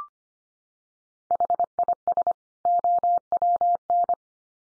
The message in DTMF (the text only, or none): none